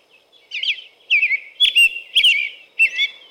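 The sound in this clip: American robin song of five quick whistled phrases, each a rising-and-falling slur, some with thin high squeaky notes on top.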